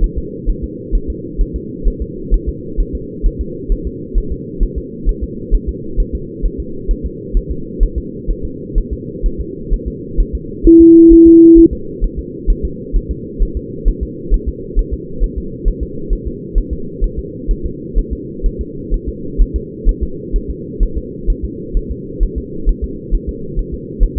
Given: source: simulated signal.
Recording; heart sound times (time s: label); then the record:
fetal heart sounds
0.04 s: S1
0.18 s: S2
0.50 s: S1
0.64 s: S2
0.95 s: S1
1.10 s: S2
1.41 s: S1
1.56 s: S2
1.88 s: S1
2.02 s: S2
2.34 s: S1
2.49 s: S2
2.80 s: S1
2.95 s: S2
3.26 s: S1
3.41 s: S2
3.72 s: S1
3.87 s: S2
4.18 s: S1
4.32 s: S2
4.63 s: S1
4.78 s: S2
5.09 s: S1
5.23 s: S2
5.55 s: S1
5.69 s: S2
6.00 s: S1
6.15 s: S2
6.46 s: S1
6.60 s: S2
6.91 s: S1
7.06 s: S2
7.37 s: S1
7.51 s: S2
7.83 s: S1
7.98 s: S2
8.30 s: S1
8.45 s: S2
8.78 s: S1
8.93 s: S2
9.26 s: S1
9.41 s: S2
9.73 s: S1
9.88 s: S2
10.20 s: S1
10.35 s: S2
10.67 s: S1
10.81 s: S2
11.13 s: S1
11.27 s: S2
11.58 s: S1
11.73 s: S2
12.04 s: S1
12.19 s: S2
12.50 s: S1
12.65 s: S2
12.96 s: S1
13.11 s: S2
13.42 s: S1
13.57 s: S2
13.88 s: S1
14.03 s: S2
14.34 s: S1
14.48 s: S2
14.79 s: S1
14.94 s: S2
15.24 s: S1
15.38 s: S2
15.68 s: S1
15.83 s: S2
16.13 s: S1
16.27 s: S2
16.58 s: S1
16.73 s: S2
17.04 s: S1
17.19 s: S2
17.51 s: S1
17.66 s: S2
17.98 s: S1
18.13 s: S2
18.46 s: S1
18.61 s: S2
18.94 s: S1
19.09 s: S2
19.41 s: S1
19.56 s: S2
19.89 s: S1
20.03 s: S2
20.36 s: S1
20.50 s: S2
20.83 s: S1
20.98 s: S2
21.30 s: S1
21.45 s: S2
21.77 s: S1
21.91 s: S2
22.23 s: S1
22.38 s: S2
22.69 s: S1
22.84 s: S2
23.14 s: S1
23.29 s: S2
23.59 s: S1
23.74 s: S2
24.03 s: S1
24.18 s: S2
From the record:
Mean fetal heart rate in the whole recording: 130 bpm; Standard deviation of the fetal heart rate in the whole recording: 4 bpm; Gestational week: 38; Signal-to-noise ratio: -4.3 dB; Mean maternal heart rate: 72 bpm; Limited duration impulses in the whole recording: present